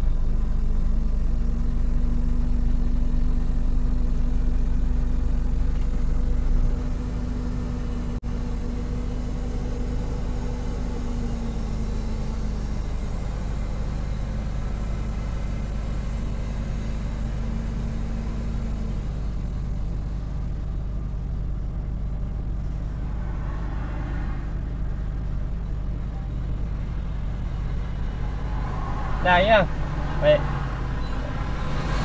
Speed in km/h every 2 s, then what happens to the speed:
1, 3, 1, 0, 0, 0, 0, 0, 0, 0, 0, 0, 0, 0, 0, 0.
3-32 standing.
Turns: none.